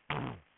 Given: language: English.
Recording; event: throat vibration sensor signal played as sound; throat clearing